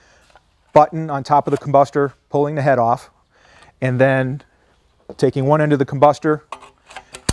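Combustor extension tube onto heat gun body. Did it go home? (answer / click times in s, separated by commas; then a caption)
yes / 7.3 s. Someone talks while pressing the button on top of the combustor, pulling the head off, and pushing one end of the combustor extension tube onto the end of a Shrinkfast Model 998 shrink-wrap heat gun. A few faint taps lead into a sharp snap at 7.3 s as the extension seats onto the gun.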